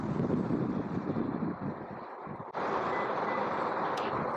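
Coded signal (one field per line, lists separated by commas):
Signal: beep code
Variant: Lexus seat confirmation beeps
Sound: two short high beeps over steady rushing background noise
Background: vehicle and outdoor noise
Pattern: 2 short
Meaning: The power seat fold has started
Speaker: press the button until you hear two beeps and the seat will begin to fold for you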